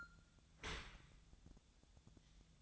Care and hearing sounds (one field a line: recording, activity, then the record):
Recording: daily activity, microphone in the room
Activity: open dishwasher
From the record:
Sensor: 3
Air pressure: 1004.6 hPa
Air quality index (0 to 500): 102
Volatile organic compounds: 4 ppm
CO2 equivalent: 1596 ppm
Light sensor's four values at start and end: 7/17/7/7 and 7/17/7/7